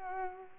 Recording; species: mosquito wingbeat signal from an infrared sensor; Culex pipiens